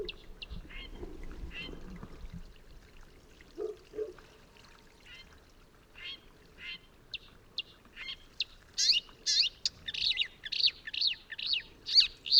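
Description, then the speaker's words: Marsh Warbler song starts with scattered notes over a rushing, splashing sound, then builds into a lively stream of varied chirps and buzzes. Males sing actively at night to attract a female; 3:38 am by moonlight, small willow in a meadow pasture, Vercors, France, 28 May 2020; recently arrived; Nagra Seven, MKH40. "La lune éclaire un petit saule où chante une rousserolle verderolle inventive."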